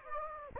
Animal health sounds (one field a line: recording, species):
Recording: mosquito wingbeat signal from an infrared sensor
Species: Anopheles gambiae